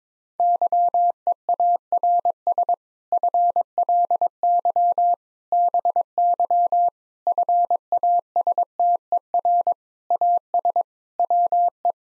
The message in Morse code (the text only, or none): YEARS FLY BY FASTER AS WE